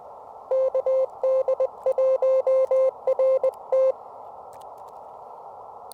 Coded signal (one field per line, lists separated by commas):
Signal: Morse code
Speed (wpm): 18 wpm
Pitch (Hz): 530 Hz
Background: none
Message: KD1RT